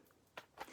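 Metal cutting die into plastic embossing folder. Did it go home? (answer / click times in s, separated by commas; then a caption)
yes / 0.4 s. A thin metal cutting die is moved around like a puzzle on the debossed side of a plastic embossing folder and given a little wiggle until it drops into the embossed recess. A sharp click at 0.4 s marks it locking in place, followed by a softer scuff around 0.6 s. The seated die shows it is on the right side.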